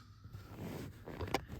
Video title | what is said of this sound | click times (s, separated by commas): How To Replace A 2013 - 2019 Ford Escape Cabin Air Filter - Remove Change A/C AC Air Filter Location | And you'll feel those clips kind of lock into place. | 1.3 s